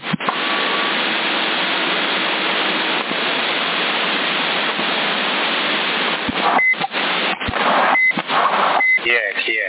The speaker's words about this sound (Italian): E avevo lo squelce basso, mi stavano entrando altri segnali e la voce non l'avevo ancora, non l'avevo focalizzata, diciamo.